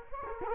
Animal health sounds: mosquito wingbeat signal from an infrared sensor; Culex quinquefasciatus

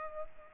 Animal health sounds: mosquito wingbeat signal from an infrared sensor; Culex pipiens

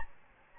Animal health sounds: mosquito wingbeat signal from an infrared sensor; Aedes albopictus

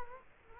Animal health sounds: mosquito wingbeat signal from an infrared sensor; Culex quinquefasciatus

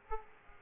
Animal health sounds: mosquito wingbeat signal from an infrared sensor; Aedes aegypti

